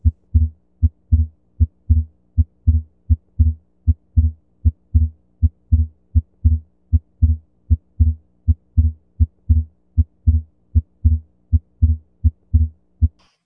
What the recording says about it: Anything that causes a volume load to the right side of your heart will cause the fixed split second heart sound. So the most classic example of that is an atrial septal defect. It doesn't matter what phase of the respiratory cycle you're in.